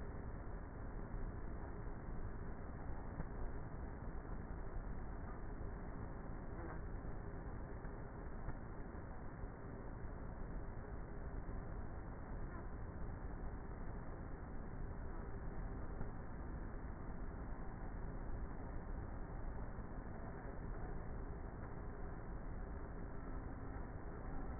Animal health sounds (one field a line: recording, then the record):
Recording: honeybee colony, microphone inside the hive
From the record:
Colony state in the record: queenless with a low population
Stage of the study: before two queens were removed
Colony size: about 30,000 bees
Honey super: no